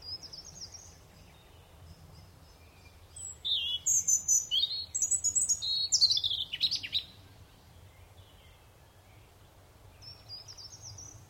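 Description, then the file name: European robin song: quiet start, then a varied phrase of thin high whistles and quick tumbling notes, ending with a faint high note. "Erithacus rubecula"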